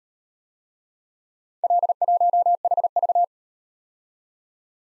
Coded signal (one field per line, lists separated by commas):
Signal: Morse code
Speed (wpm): 36 wpm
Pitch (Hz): 700 Hz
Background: none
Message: L1HV